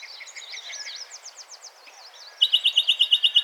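Yellow-breasted chat song: a fast jumble of high slurred whistles and chips, then a steady, quick series of bright repeated notes ending the phrase.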